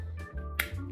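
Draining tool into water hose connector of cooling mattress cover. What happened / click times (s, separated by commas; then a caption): Handled, not yet home: the drain tool is being pushed toward the hose connector / none. A plastic draining tool is handled at the connector of a cooling mattress cover's water hose, with a steady low hum throughout and a brief sharp tap at 0.6 s. Nothing has seated or clicked into place yet.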